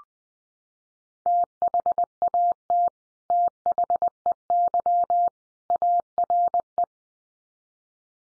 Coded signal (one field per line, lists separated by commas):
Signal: Morse code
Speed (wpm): 20 wpm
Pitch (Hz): 700 Hz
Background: none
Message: THAT THEY ARE